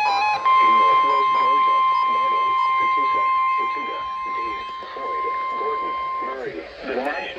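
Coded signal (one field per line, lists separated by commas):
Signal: Emergency Alert System (SAME) tones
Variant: 1050 Hz attention tone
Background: speech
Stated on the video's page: EAS alerts received on radios going off.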